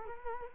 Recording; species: mosquito wingbeat signal from an infrared sensor; Culex quinquefasciatus